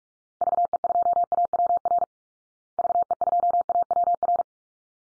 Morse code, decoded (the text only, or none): VE2AWR VE2AWR